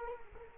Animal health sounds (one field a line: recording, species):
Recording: mosquito wingbeat signal from an infrared sensor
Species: Culex quinquefasciatus